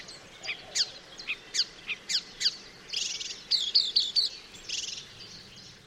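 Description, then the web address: Marsh warbler song: a string of quick downslurred high notes, then buzzy, scratchy chatter mixed with sharp clicks. "chant didier collin rousserolle verderolle"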